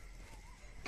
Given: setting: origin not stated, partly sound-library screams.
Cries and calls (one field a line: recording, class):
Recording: one-second piece from a danger detection set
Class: normal situation